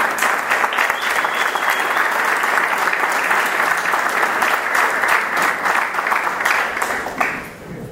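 A crowd at a plenary meeting breaks into sustained applause for visiting comrades from Bahía Blanca, San Luis, Mendoza, Córdoba, Tucumán and Misiones, many hands clapping densely and steadily at a loud, even level for several seconds before it thins out and fades at the end.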